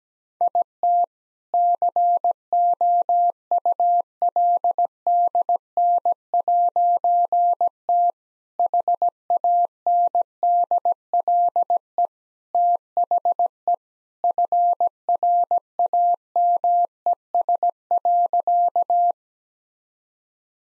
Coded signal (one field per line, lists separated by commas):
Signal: Morse code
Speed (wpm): 17 wpm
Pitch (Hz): 700 Hz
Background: none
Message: IT COULDN'T HANDLE THE FRAMES.